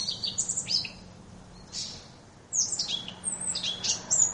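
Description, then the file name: Eurasian blackcap song, softer bursts of high, fluty and scratchy notes broken by a short silence before a second phrase. "moenchsgrasmuecke"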